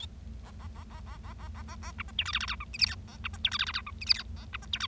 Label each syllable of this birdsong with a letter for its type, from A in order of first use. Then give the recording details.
A A A A A A A A A A B C D E F F G H I J K A B C D E F F G H I J K A B C D E. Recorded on 25 March 2012 at 15:18. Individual gy6or6